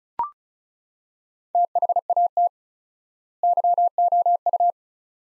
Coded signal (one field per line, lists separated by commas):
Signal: Morse code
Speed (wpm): 36 wpm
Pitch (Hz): 700 Hz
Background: none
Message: THAT YOU